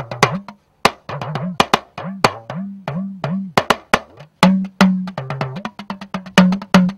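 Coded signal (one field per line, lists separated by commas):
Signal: talking drum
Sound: rapid drum strokes whose low pitch glides up and down between hits, like speech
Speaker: we're going to listen to the talking drum and the language of the drum so that you can hear in this first clip the tap dancing that comes from the drum so this is the first clip number one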